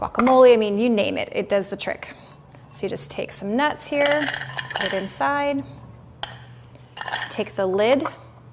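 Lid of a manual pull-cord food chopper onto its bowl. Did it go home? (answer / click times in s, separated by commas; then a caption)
no / none. Someone talks while handling a manual pull-cord food chopper, putting nuts inside its bowl and picking up its plastic lid to place on top, with a sharp tap at 6.2 s and a few light knocks around 6.8 and 7.0–7.1 s. The lid has not yet locked onto the bowl; nothing has seated or clicked yet.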